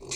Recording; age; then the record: pig call; weaner (32 to 43 days)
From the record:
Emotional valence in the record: negative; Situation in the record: novel object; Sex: female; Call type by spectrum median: high-frequency call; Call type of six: mixed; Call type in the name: high-frequency modulated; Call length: 0.16 s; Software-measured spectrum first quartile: 1699 Hz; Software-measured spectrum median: 4307 Hz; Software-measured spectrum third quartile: 6594 Hz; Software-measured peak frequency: 384 Hz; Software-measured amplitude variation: 123 dB a second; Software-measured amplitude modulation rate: 9.3 a second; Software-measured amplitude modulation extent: 13.2 dB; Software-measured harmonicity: 2.5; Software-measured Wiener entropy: -3.03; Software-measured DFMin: 919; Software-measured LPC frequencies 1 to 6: 2396, 3659, 4181, 4736, 5572, 6258 Hz